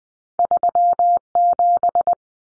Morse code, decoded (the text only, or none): 37